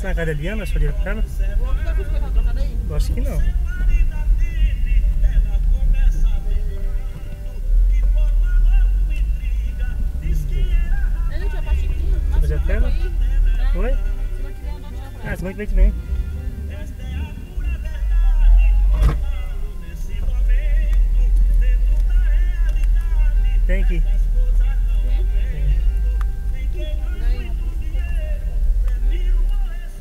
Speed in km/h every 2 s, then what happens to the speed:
16, 18, 15, 7, 11, 14, 7, 1, 4, 7, 9, 8, 10, 13, 1.
3-5 brakes to 7. 5-10 steady at about 11. 10-13 brakes to 1. 13-15 standing. 15-17 pulls away to 7. 17-26 steady at about 9. 26-30 brakes to 1.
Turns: none.